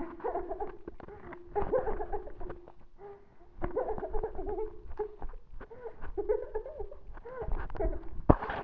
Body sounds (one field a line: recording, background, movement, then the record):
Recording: laughter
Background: quiet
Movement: sitting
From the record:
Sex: female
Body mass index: 18.8 kg/m2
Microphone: on the chest, facing the body